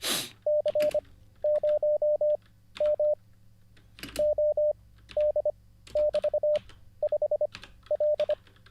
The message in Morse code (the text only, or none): C0M OD<BT>5L